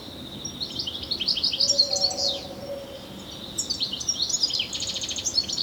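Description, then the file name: European goldfinch giving fast liquid twitters and a buzzy trill, a faint low hum in the middle. "Carduelis carduelis"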